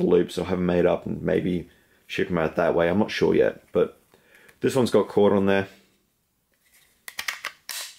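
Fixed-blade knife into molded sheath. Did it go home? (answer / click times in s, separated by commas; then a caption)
yes / 7.7 s. Someone talks, then after a pause a fixed-blade knife is pushed into its molded sheath, with a few sharp clicks from about 7.1 s. The knife snaps into the sheath's retention with a solid click at 7.7 s, seated with no rattle and retention slightly lighter than a neck knife's.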